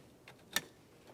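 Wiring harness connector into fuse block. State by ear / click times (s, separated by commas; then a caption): seated / 0.6 s. A wiring harness connector on a 2004-2015 Nissan Titan is lined up and slid up into the fuse block: a faint tick comes at 0.3 s, then a sharp, bright click at 0.6 s. The connector is seated in the fuse block, and it is then tugged to check it is secure.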